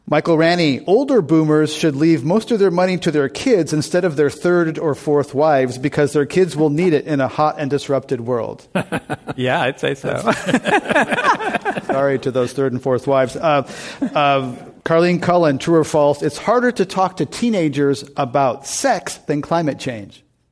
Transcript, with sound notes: Michael Ranney, older boomers should leave most of their money to their kids instead of their third or fourth wives because their kids will need it in a hot and disrupted world?
Yeah, it’s a –
[Laughter]
Sorry to those third and fourth wives. Carleen Cullen, true or false. It’s harder to talk to teenagers about sex than climate change?